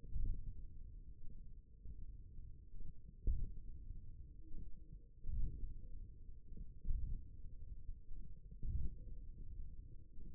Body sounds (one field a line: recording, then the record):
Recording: forearm muscle sounds (acoustic myography)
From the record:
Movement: hand closing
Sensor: system 1, eight BSWA MPA416 microphones around the upper forearm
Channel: 4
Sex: male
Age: 28 years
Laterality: right